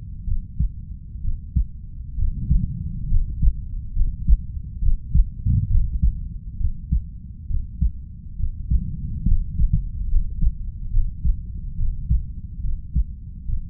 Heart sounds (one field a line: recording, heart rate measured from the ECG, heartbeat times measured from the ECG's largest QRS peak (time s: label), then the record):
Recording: heart sounds by stethoscope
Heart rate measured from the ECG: 68 bpm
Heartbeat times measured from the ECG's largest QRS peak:
0.24 s: heartbeat
1.21 s: heartbeat
2.15 s: heartbeat
3.08 s: heartbeat
3.93 s: heartbeat
4.79 s: heartbeat
5.67 s: heartbeat
6.57 s: heartbeat
7.47 s: heartbeat
8.36 s: heartbeat
9.24 s: heartbeat
10.08 s: heartbeat
10.90 s: heartbeat
11.75 s: heartbeat
12.61 s: heartbeat
13.45 s: heartbeat
From the record:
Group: healthy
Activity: rest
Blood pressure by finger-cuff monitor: 117/58 mmHg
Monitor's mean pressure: 75 mmHg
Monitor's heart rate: 67 bpm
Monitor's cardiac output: 5.7 L/min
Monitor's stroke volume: 86 mL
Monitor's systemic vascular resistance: 950 dyn s/cm5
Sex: female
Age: 32 years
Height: 168 cm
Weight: 61.9 kg